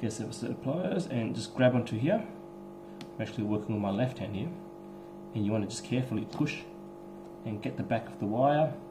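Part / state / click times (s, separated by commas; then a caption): crimped wire terminal into waterproof connector housing / not seated / none. Someone talks while holding a crimped metal terminal on a wire with pliers, lining it up to push into the back of a plastic waterproof connector housing; a brief sharp tick sounds at about 3.0 s. Nothing has seated or clicked into the housing yet.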